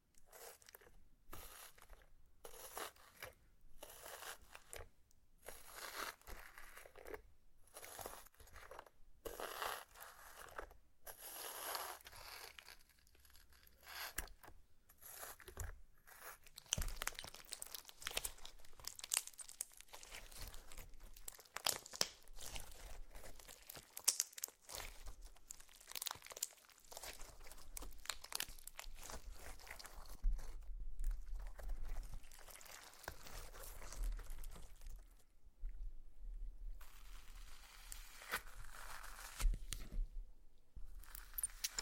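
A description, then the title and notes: Slime being squished and pulled, with dense bursts of crackling, popping and crinkling sounds that come in quick irregular clusters. The first half has short bursts separated by brief gaps; after about 16 seconds the crackles grow busier and louder, with a short pause near 35 seconds. ASMR SLIME! 5 Satisfying Slimes.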